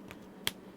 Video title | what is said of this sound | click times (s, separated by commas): Overview of a Heated Mattress Topper Pad JinJeeo | then it just snaps into place. | 0.5 s